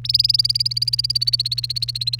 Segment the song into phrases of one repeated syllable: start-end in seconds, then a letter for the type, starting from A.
0.04-2.19 A